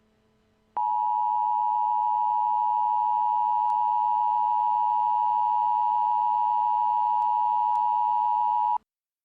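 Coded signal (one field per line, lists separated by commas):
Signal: Emergency Alert System (SAME) tones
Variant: 853 and 960 Hz attention tone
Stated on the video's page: Fictional EAS scenario, a first attempt at making one.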